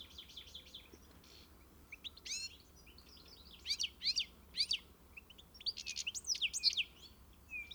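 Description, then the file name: European goldfinch twittering, sparse at first, then clusters of high, tinkling notes. "Carduelis carduelis"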